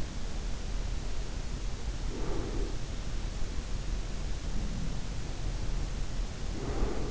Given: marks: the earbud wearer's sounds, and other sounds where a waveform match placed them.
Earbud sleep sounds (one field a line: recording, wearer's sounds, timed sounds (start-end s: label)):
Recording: sounds in sleep by an in-ear microphone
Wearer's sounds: breath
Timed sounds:
1.43-3.16 s: breath
5.25-7.10 s: breath